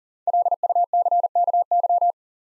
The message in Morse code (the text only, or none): LUCKY